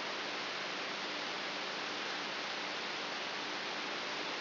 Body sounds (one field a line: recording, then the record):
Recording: brain microelectrode recording played as sound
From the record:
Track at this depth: inside the subthalamic nucleus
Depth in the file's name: 2.64 mm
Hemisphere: right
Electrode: 3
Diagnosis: Parkinson's disease